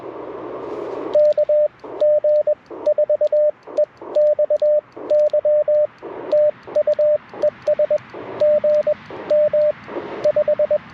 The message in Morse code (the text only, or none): KG4EXY TU ES GM 5